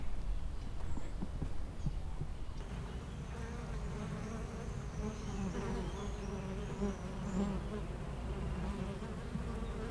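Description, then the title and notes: Honey bees give a thick continuous buzz, with a high thin bird song threading through the middle. Honey bees foraging between two hives of a garden apiary in Aix-les-Bains, France, flying back and forth to flowers; a few birds in the neighbouring wood. "41 Chem. de Memard, 73100 Aix-les-Bains, France - Les abeilles. Entre deux ruches du rucher du jardin vagabond à Aix-les-bains les abeilles sont en pleine collecte et font d'incessants aller retour vers les fleurs, quelques oiseaux dans le bois voisin"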